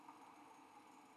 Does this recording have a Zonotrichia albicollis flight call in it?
no